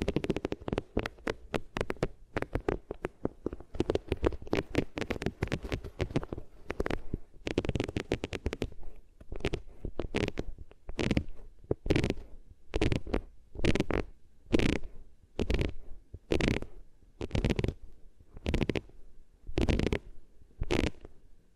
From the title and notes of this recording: ASMR Sensitive Sleep Inducing Triggers Rubbing Your Ears on Different Materials (No Talking).